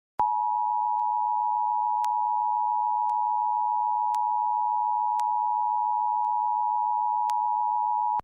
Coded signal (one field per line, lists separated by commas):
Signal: Emergency Alert System (SAME) tones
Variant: 853 and 960 Hz attention tone